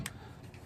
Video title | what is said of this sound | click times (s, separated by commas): How to Reinstall GY6 Fan Shroud and Intake Manifold 1 of 2 | second click just to make sure just | 0.1 s